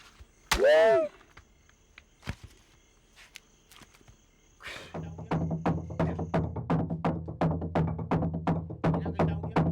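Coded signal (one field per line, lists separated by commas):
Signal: drum signal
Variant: garamut slit drums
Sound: a brief rising call, a few knocks, then rapid repeated deep wooden drum strokes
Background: outdoor ambience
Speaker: En el poblado de Timbumeri, al sur del lago Chambri, suenan los tam-tam garamut para anunciar la ceremonia de iniciación de los hombres cocodrilo.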